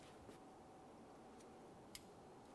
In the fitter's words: There's our audible click.